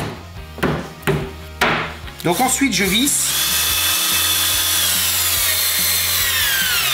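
Wooden dowel pegs on drawer panels for a furniture carcass are lined up with the holes in the mating panel and tapped together, with sharp knocks at 0.6 s and 1.1 s seating the joint. Someone talks, and from about 3 seconds steady music fills the rest of the clip. The drawer panels are knocked home and fit together.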